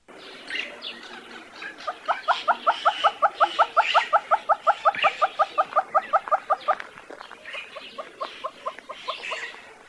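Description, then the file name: Monteiro's hornbill delivering loud, evenly spaced clucks in a long steady run, pausing briefly, then resuming more softly. "Canto do calaus de monteiros"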